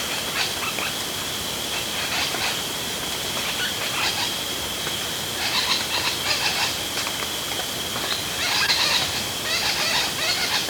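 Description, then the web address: Parrotlets calling in clustered bursts of quick, squeaky chips that come and go, with a continuous high insect hum underneath. Ecuador. "S America Birds of Ecuador. Spot-Winged Parrotlet"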